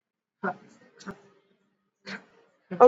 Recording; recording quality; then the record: shallow voluntary cough; poor, much background noise or distortion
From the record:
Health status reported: exposed to COVID-19, no respiratory illness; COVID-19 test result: not tested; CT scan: not taken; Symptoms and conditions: cough, cold, fever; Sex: male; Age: 44 years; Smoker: no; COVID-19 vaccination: both doses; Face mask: worn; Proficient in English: yes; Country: India